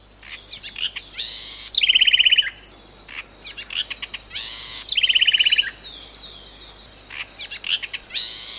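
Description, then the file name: Bird singing a complex, high-pitched song of varied twitters, whistles and buzzy notes, with two bursts of fast, even rattling trills. "madar bbc"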